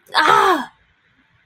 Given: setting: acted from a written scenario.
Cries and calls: vocal sound without words; pain

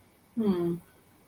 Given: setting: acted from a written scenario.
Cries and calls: vocal sound without words; neutral

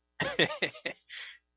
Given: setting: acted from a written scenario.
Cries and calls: vocal sound without words; amusement

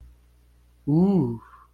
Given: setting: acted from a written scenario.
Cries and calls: vocal sound without words; fear

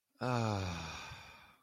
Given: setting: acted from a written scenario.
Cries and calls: vocal sound without words; ecstasy

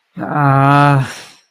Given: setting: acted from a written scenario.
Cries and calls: vocal sound without words; disappointment

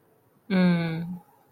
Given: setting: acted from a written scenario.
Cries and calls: vocal sound without words; adoration

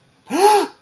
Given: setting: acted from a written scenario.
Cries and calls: vocal sound without words; fear

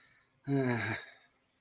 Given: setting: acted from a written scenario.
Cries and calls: vocal sound without words; shame

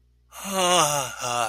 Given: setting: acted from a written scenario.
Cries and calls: vocal sound without words; ecstasy

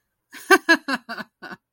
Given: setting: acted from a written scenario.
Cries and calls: vocal sound without words; amusement

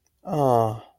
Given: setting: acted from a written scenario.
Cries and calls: vocal sound without words; romantic love

